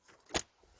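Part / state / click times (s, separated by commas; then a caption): plastic wiring connector into car radio head unit harness socket / seated / 0.4 s. During a Mercedes W211/W219 Android head unit install, a plastic wiring connector that is hard to clip in is pushed into its car radio head unit harness socket. A soft scrape builds from about 0.3 s, then a sharp, bright click at 0.35 s stands well above the quiet background. The connector seats.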